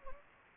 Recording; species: mosquito wingbeat signal from an infrared sensor; Anopheles gambiae